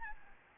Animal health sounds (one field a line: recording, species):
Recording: mosquito wingbeat signal from an infrared sensor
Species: Aedes albopictus